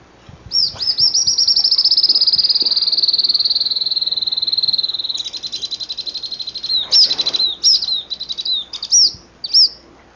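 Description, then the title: Grey elaenia song: a long rapid high buzzy trill that slowly falls in pitch, followed by scattered sharp high notes and short trills. "LuckyPassaro Completos2Sama. Grey Elaenia (Myiopagis caniceps)"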